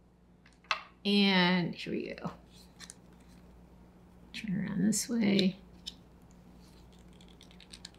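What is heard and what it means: A neck peg is being handled and pushed toward a warmed, softened vinyl 1/6 scale action figure head, with small clicks and taps heard around it while someone talks. Nothing has seated or clicked into place yet.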